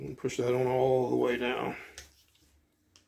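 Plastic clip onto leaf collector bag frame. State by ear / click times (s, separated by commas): seated / 3.0 s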